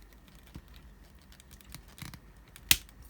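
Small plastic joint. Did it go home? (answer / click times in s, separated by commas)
yes / 2.7 s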